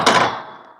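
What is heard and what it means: A gravity latch on a dog kennel gate is swung shut and catches on its own, seating with a sharp metallic slam at 0.1 s. The impact rings broadly and then decays over the rest of the clip.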